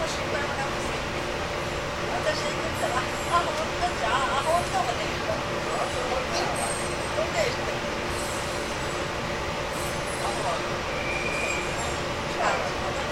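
A ride aboard a local train on the Nippō Line, full of a steady, dense rumble with a constant low hum underneath. Faint voices and small clicks come and go, and a brief high tone rings out around the eleven-second mark.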